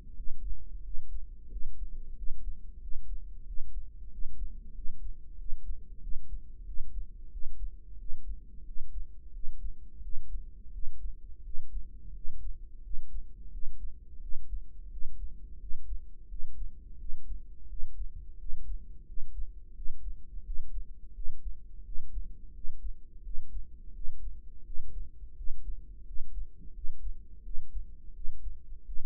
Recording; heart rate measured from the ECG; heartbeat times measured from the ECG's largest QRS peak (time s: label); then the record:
heart sounds by microphone in the right ear; 88 bpm
0.17 s: heartbeat
0.85 s: heartbeat
1.51 s: heartbeat
2.17 s: heartbeat
2.82 s: heartbeat
3.47 s: heartbeat
4.12 s: heartbeat
4.75 s: heartbeat
5.39 s: heartbeat
6.02 s: heartbeat
6.67 s: heartbeat
7.32 s: heartbeat
8.00 s: heartbeat
8.67 s: heartbeat
9.34 s: heartbeat
10.03 s: heartbeat
10.74 s: heartbeat
11.45 s: heartbeat
12.15 s: heartbeat
12.84 s: heartbeat
13.53 s: heartbeat
14.22 s: heartbeat
14.92 s: heartbeat
15.61 s: heartbeat
16.30 s: heartbeat
17.00 s: heartbeat
17.70 s: heartbeat
18.40 s: heartbeat
19.08 s: heartbeat
19.76 s: heartbeat
20.46 s: heartbeat
21.15 s: heartbeat
21.86 s: heartbeat
22.55 s: heartbeat
23.25 s: heartbeat
23.95 s: heartbeat
24.66 s: heartbeat
25.37 s: heartbeat
26.07 s: heartbeat
26.75 s: heartbeat
27.45 s: heartbeat
28.15 s: heartbeat
28.87 s: heartbeat
From the record:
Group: healthy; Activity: rest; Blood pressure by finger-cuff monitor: 131/79 mmHg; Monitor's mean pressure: 97 mmHg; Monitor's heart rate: 87 bpm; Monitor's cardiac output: 7.6 L/min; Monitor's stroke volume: 87 mL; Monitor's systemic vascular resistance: 950 dyn s/cm5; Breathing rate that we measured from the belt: 16 breaths a minute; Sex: male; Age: 21 years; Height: 175 cm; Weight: 72.6 kg